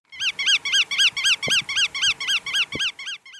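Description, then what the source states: Bar-tailed Godwit alarm call: sharp, arched kuwit notes repeated evenly about four times a second in a long series, with two soft low thumps. Sharp kuwit alarm call, recorded by Seth Boderell in Alaska.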